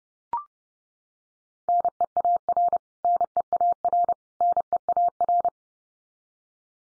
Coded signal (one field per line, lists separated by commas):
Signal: Morse code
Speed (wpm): 30 wpm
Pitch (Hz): 700 Hz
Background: none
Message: NEAR NEAR NEAR